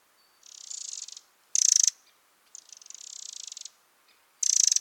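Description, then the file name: Eurasian wren: two long, soft churring rattles alternating with two brief, loud, harsh bursts. "Troglodytes troglodytes"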